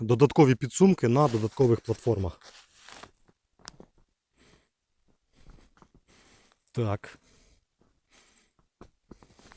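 Someone talks, then an extra pouch mount is handled against a mounting platform on a Marom Dolphin load-bearing belt system, with faint taps and rustles. The pouch has not yet snapped or locked into its fixed position by the end of the clip.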